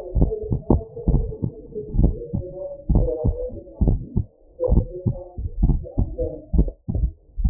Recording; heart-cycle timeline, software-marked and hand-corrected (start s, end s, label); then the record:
heart sounds
0.00	0.17	diastole
0.17	0.29	S1
0.29	0.51	systole
0.51	0.61	S2
0.61	1.09	diastole
1.09	1.23	S1
1.23	1.43	systole
1.43	1.51	S2
1.51	1.97	diastole
1.97	2.11	S1
2.11	2.35	systole
2.35	2.45	S2
2.45	2.91	diastole
2.91	3.07	S1
3.07	3.25	systole
3.25	3.35	S2
3.35	3.81	diastole
3.81	3.97	S1
3.97	4.17	systole
4.17	4.25	S2
4.25	4.71	diastole
4.71	4.85	S1
4.85	5.07	systole
5.07	5.17	S2
5.17	5.61	diastole
5.61	5.77	S1
5.77	5.99	systole
5.99	6.09	S2
6.09	6.55	diastole
6.55	6.69	S1
6.69	6.95	systole
6.95	7.07	S2
7.07	7.43	diastole
7.43	7.50	S1
From the record:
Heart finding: normal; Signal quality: good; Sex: male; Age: 74 years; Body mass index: 21.6